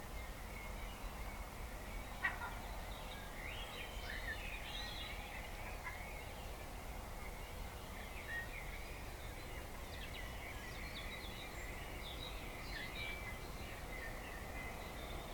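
A dawn chorus of many birds chirping and trilling at once, their calls overlapping in a steady, busy layer throughout. A low, constant rumble runs underneath, and a single sharp click stands out at about two seconds.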